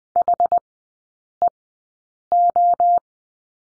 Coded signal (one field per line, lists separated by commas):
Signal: Morse code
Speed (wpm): 20 wpm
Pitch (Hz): 700 Hz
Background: none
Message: HEO